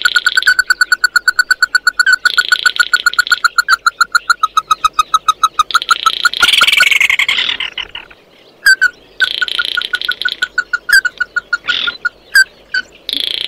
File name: Tieng chim mat do